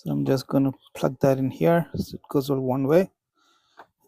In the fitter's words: Again, make sure you hear a snap. There you go.